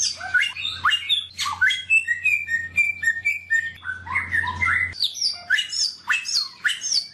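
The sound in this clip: Bird song of rapid mixed chirps, slurred whistles and brief harsh notes in quick succession, a low hum stopping midway.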